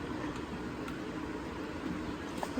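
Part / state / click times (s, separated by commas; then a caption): air fryer basket into air fryer housing / not seated / none. An air fryer basket is pushed into the air fryer housing over a steady broadband hiss, with a few short knocks, the sharpest near 2.4 s, as the basket bumps. The basket fails to lock, and nothing has seated or clicked yet.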